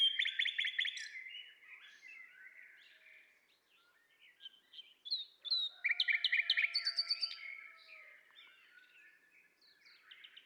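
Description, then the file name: Common nightingale song with loud rattling trills, twittering phrases and a fast series of repeated notes, sweet whistles running underneath. "Luscinia megarhynchos"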